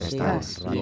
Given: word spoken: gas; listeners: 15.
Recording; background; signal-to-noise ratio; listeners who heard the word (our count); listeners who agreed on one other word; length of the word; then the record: one Spanish word in noise, from a listening test; four-talker babble; -1.2 dB; 1 of 15; 6 of 15; 0.42 s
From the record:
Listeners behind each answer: 6, 2, 2, 1, 1, 1, 1, 1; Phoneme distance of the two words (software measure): 24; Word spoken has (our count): 1 syllable, 3 phonemes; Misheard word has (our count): 2 syllables, 5 phonemes, stress on syllable 1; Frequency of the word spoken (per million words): 47.94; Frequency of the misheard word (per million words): 452.75